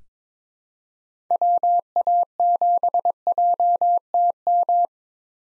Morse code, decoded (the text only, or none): WA7JTM